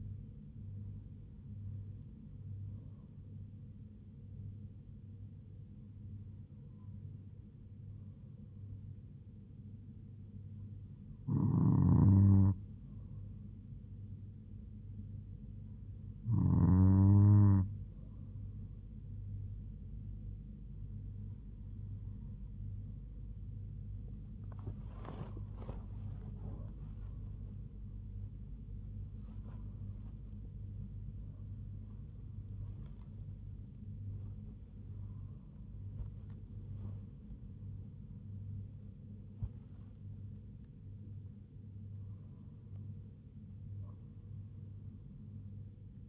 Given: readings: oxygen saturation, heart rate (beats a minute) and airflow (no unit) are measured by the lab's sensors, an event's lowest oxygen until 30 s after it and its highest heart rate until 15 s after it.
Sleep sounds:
a person awake in a sleep study, by a smartphone at the bedside; 1
9.00-26.10 s: hypopnea (N2, oxygen 97% highest, then 96% lowest, heart rate 74 at the start, 81 highest)
10.00-40.00 s: new sleep stage, awake
40.00-46.09 s: new sleep stage, N1 (lightest sleep)
From the record:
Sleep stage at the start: N2 (light sleep); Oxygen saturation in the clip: 96 to 98%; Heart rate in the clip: 74 to 81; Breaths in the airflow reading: 9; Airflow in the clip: -4.0 to 4.4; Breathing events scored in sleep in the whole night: 158 in 7.3 hours asleep

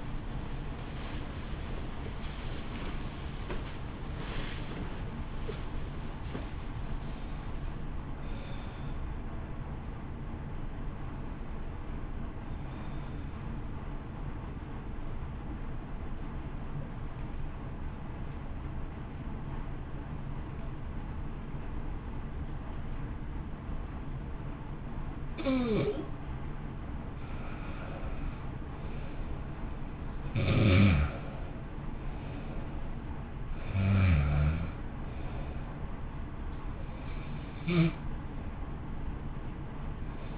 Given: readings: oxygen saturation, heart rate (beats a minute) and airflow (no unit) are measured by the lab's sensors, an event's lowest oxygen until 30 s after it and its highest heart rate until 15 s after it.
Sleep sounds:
breathing in sleep by a smartphone at the bedside; 1
0.00-6.00 s: awake
6.00-36.00 s: new sleep stage, N1 (lightest sleep)
16.00-33.10 s: hypopnea (N1, oxygen 96% highest, then 84% lowest, heart rate 67 at the start, 67 highest)
36.00-40.38 s: new sleep stage, N2 (light sleep)
From the record:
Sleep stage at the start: awake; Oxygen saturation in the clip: 87 to 96%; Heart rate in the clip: 53 to 75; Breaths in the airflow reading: 18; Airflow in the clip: -1.2 to 1.6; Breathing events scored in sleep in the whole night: 328 in 6.3 hours asleep

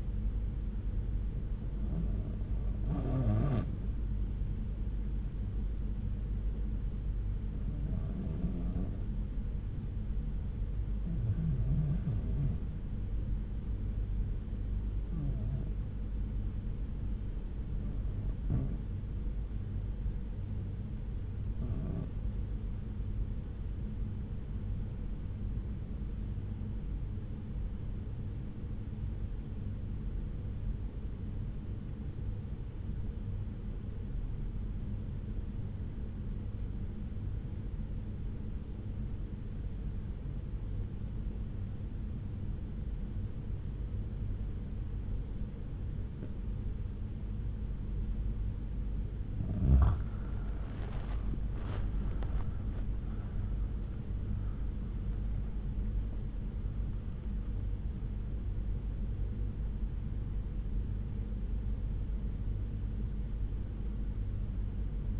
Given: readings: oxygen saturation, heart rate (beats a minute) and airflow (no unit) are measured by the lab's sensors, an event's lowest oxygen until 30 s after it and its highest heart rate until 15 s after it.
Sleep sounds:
breathing in sleep by a smartphone at the bedside; 1
1.00-65.20 s: new sleep stage, REM sleep
4.00-49.50 s: hypopnea (REM, oxygen 93% highest, then 78% lowest)
From the record:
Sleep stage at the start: N1 (lightest sleep); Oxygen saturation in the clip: 83 to 93%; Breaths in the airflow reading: 10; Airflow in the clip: -9.4 to 10.1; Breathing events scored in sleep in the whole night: 368 in 8.0 hours asleep

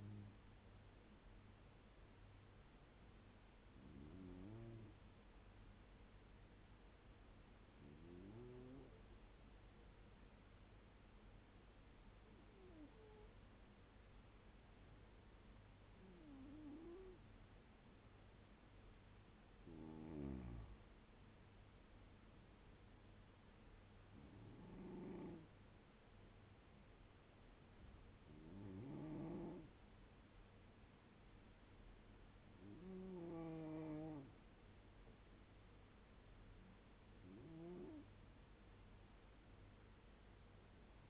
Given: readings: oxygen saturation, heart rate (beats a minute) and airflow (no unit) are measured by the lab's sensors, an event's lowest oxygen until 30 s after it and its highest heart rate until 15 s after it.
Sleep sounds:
breathing in sleep by a voice recorder at the bedside; 1
8.00-21.60 s: hypopnea (N1, oxygen 98% highest, then 94% lowest, heart rate 78 at the start, 83 highest)
From the record:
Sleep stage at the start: N1 (lightest sleep); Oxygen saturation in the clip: 92 to 98%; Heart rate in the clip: 77 to 84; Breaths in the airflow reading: 10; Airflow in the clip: -6.5 to 7.8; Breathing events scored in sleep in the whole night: 201 in 6.5 hours asleep

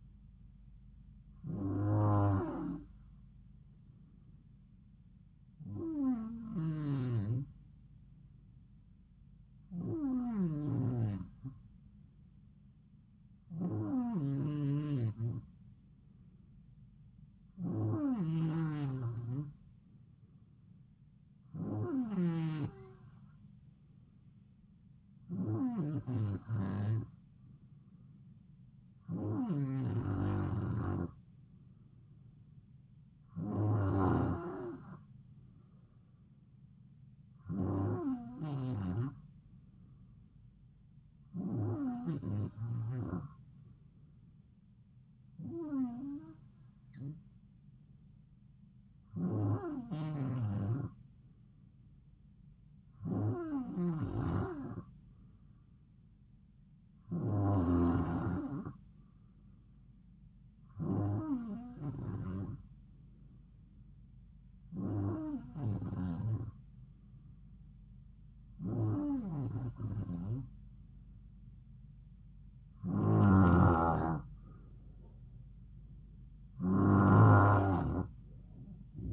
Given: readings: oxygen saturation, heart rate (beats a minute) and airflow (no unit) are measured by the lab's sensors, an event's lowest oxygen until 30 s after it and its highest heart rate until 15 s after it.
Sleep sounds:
breathing in sleep by a smartphone at the bedside; none
none scored
From the record:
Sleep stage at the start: N2 (light sleep); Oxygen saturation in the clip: 92 to 93%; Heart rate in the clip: 66 to 74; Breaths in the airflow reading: 20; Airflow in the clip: -3.5 to 4.6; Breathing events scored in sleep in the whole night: 270 in 6.1 hours asleep

